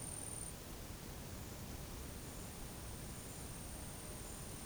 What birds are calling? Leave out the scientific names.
none